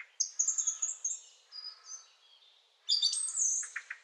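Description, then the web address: Birdsong, a short run of high repeated chirps, a softer warbling stretch, then a bright burst of twittering notes. Quiet birdsong meant as background sound for video editing. "zvuk s tiha pesen na ptici za fon montaz"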